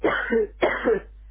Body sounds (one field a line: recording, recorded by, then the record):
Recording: voluntary cough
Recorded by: telephone call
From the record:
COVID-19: positive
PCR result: self-reported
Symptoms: yes